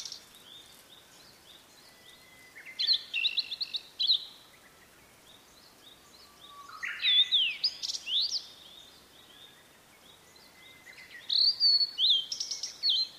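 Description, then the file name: Blue-and-white flycatcher singing three separate phrases of clear whistles mixed with short trills, each a few seconds apart with quiet gaps between. "oruri"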